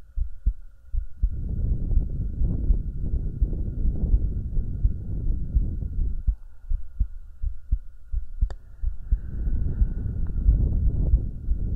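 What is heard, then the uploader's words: Heartbeat with breathing: dense low thumping and rumbling throughout, a faint steady tone above, and a sharp click near eight seconds. ASMR Hugging your Head HeartBeat with Breathing.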